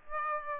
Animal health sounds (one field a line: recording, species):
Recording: mosquito wingbeat signal from an infrared sensor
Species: Aedes aegypti